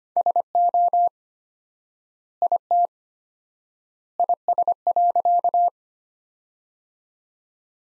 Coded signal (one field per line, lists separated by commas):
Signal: Morse code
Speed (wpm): 25 wpm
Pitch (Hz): 700 Hz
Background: none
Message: SO IT IS.